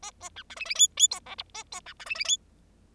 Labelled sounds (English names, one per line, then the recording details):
Bengalese Finch song
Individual Bird0